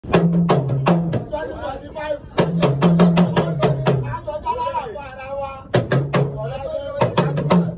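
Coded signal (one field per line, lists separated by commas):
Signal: talking drum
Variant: Yoruba dundun (iya ilu)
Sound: rapid runs of sharp drum strokes with a low resonant pitch that rises and falls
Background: possible voice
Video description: It is played in almost any situation that requires music, mimicking spoken Yoruba speech tones.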